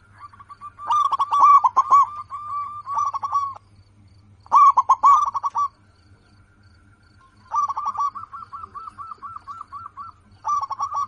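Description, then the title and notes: Zebra dove song: repeated phrases of fast, ringing coos, one ending in a long string of short, bubbling notes, with a constant low hum in the background. Local-type zebra dove singing prolifically, its voice described as loud, clear and crystal-like. "PERKUTUT LOKAL GACOR Suara KRISTAL LANTANG. Kicau Burung Perkutut"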